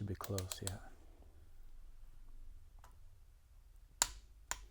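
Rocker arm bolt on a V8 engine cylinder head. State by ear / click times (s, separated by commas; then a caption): torque reached / 4.0 s. Someone talks while a click-type torque wrench, set to about 30-35 ft-lb, is pulled slowly on a rocker arm bolt on the cylinder head of a 413 V8 engine build. The wrench gives a sharp click at 4.0 s as it reaches its setting, confirming the bolt is torqued. A second, quieter tick follows at 4.5 s.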